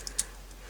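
The leg joint of a plastic robot action figure is straightened and snaps into a slight locking detent, a lock that helps the figure balance. A faint tick at 0.1 s is followed by a sharp, bright click at 0.2 s as the joint locks into place. The joint is seated in its locked straight position.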